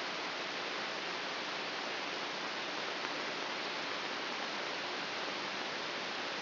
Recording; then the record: brain microelectrode recording played as sound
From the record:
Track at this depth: outside the subthalamic nucleus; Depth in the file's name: 6.001 mm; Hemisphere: right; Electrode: 3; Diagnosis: Parkinson's disease